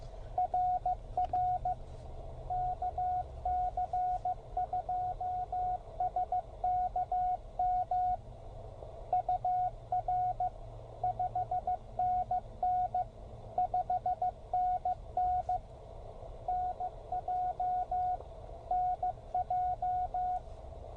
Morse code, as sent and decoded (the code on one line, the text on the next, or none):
.-. .-. / -.- -.-. ..--- ... -.- -- / ..- .-. / ..... -. -. / ..... -. -. / -. .--- / -. .---
RR KC2SKM UR 5NN 5NN NJ NJ